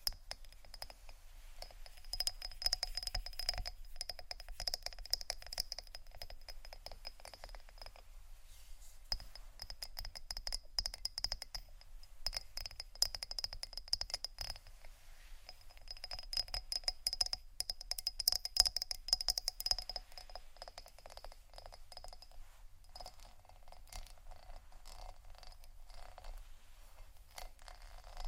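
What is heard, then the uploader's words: Dense, fast tapping and rattling of plastic and glass runs throughout, a crisp clatter with a bright ringing tone. The activity surges and thins in waves, busiest around 2–8 and 16–20 seconds, with a faint low rumble underneath. ASMR for People who Don't Tingle (plastic, glass, rattle, tapping, scratching, waves ) (No Talking).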